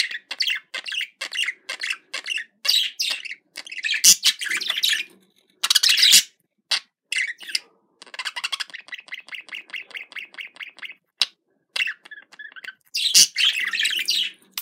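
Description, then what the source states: Budgerigar warble of quick chirps, harsh squawky bursts and a run of rapid clicking notes, delivered in busy phrases with brief gaps. Described as a love sound.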